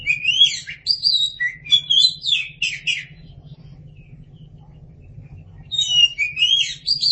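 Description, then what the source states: Oriental magpie-robin song with bright whistled and chattering notes for about three seconds, a pause of near silence, then the varied singing resumes. Chirping song.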